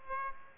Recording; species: mosquito wingbeat signal from an infrared sensor; Aedes aegypti